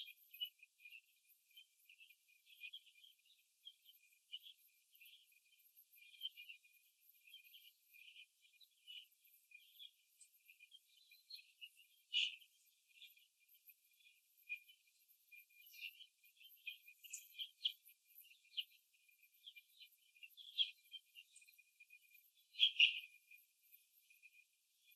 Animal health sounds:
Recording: young laying hens in a cage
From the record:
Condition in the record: before the stressor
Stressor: simulated dog barking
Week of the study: 2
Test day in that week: 3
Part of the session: 3

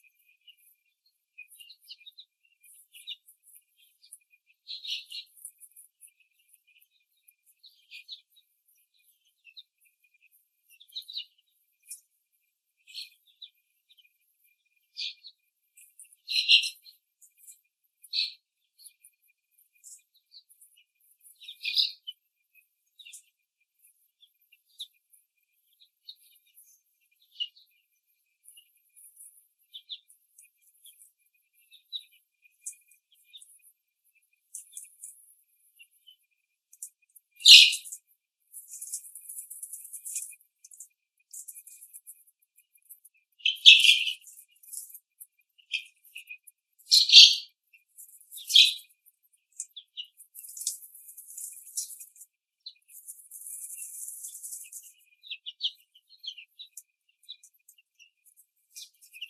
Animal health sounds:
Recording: young laying hens in a cage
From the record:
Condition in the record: after the stressor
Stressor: simulated dog barking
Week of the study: 3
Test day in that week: 1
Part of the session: 2

